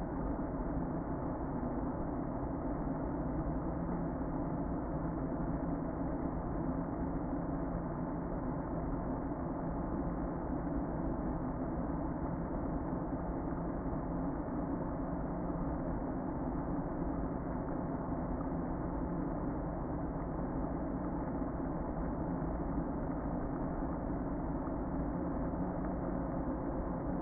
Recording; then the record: honeybee colony, microphone inside the hive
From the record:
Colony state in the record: queen present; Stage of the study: before two queens were removed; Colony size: about 60,000 bees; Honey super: yes